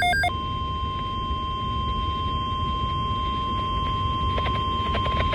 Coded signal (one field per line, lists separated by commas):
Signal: Emergency Alert System (SAME) tones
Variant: 1050 Hz attention tone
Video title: SVA EAS 115